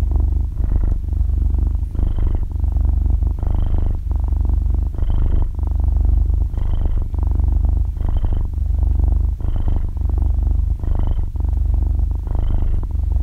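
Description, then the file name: Cat purr, deep and steady, swelling and easing in regular breath cycles about every one and a half seconds. Cat purring while breathing, described in Vietnamese as 'thở kêu rù rù'. "tieng meo tho keu ru ru"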